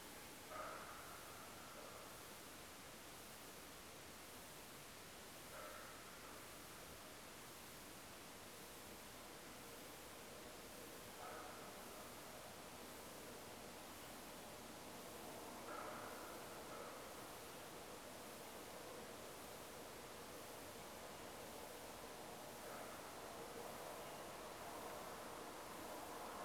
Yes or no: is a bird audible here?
no